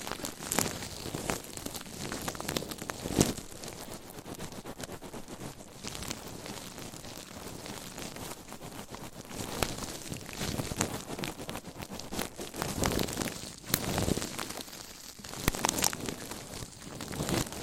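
Scratching and tapping with nails and various items, a dense, continuous rustle of scraping strokes. Sharper taps and louder scratches stand out around 1, 3, 10, 13, 14 and 17 seconds, while the middle stretch is softer and steadier.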